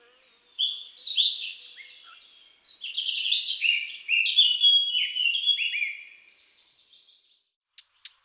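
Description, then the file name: Eurasian blackcap singing a rich, fast warble of varied chirps and slurred whistles for about six seconds, fading out and followed by two sharp clicks. "Fauvette-à-tête-noire"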